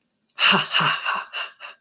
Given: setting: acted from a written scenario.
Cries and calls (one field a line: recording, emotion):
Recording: vocal sound without words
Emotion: interest